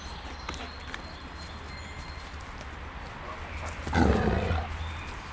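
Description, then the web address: Grey wolf growl: one short, low, rough burst about four seconds in, over a steady low hum. Captive Canadian white wolf at a zoo in Nyíregyháza, growling; recorded 2019. "2019 kanadai feher farkas morog nyiregyhaza"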